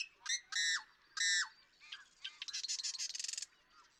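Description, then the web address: Marsh Wren song: harsh squeaky notes with stacked tones, followed by a rapid stuttering rattle of dry clicks. "birdsongforthecurious Marsh Wren"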